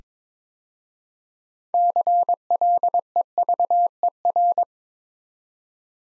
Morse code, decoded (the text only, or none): CLEVER